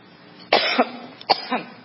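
Adult woman has a coughing fit while being questioned, heard as two harsh cough bursts; the fit goes on for quite some time.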